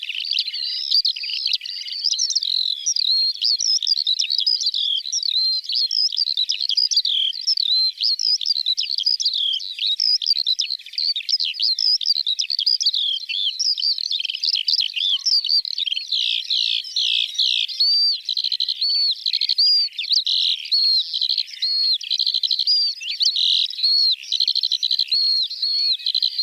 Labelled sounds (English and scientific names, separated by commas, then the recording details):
Eurasian Skylark (Alauda arvensis) song
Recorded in the wild
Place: Waltershofen / Freiburg im Breisgau, Baden-Württemberg, DE
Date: 1978-05-21
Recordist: Schwarz, Dieter
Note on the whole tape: Song